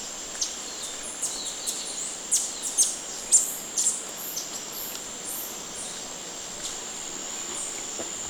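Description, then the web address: Blue-browed tanager giving short, thin, very high call notes in a quick cluster midway through, over a steady high background tone. Recorded in Ecuador. "Natures Songs S America Birds of Ecuador. Blue-Browed Tanager"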